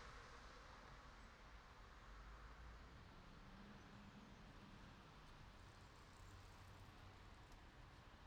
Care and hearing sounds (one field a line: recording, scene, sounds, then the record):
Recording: everyday scene through a hearing-aid microphone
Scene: in traffic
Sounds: traffic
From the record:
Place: city secondary road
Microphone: in the ear canal, right